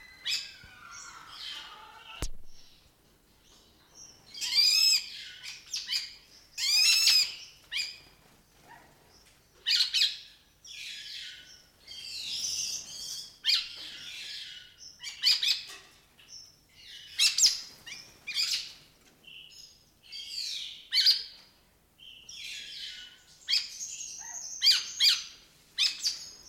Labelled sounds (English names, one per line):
Hooded Pitta call